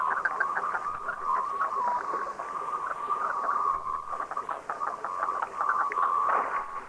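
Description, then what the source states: Common Merganser calls: a continuous stream of croaking notes held at a mid pitch, with soft hiss behind. Field recording.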